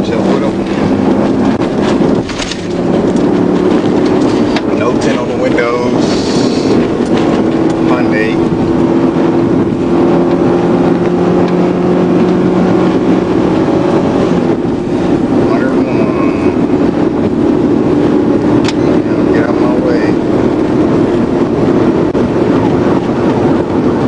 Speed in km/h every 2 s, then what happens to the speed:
121, 129, 137, 150, 150, 159, 166, 169, 174, 179, 182, 185.
0-24 speeds up to 185.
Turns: none.